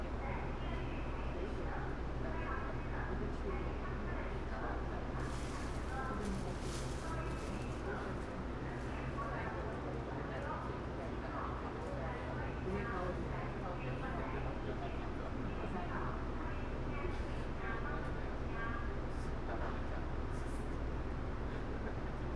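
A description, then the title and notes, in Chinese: Aboard a local express train running from Nangang to Qidu, a steady low rumble of the carriage fills the whole clip. Voices chatter throughout, and brief bright clicks and rattles cut in now and then, clustering around the middle and later seconds. 2042區間快車 南港-七堵。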